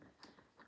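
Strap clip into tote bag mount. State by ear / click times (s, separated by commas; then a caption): not seated / none. A strap clip is pressed into its mount on a plastic beach tote by squeezing both sides, producing a few faint, short taps at about 0.0, 0.2 and 0.6 seconds. Nothing has clicked or seated yet, and the clip is not in.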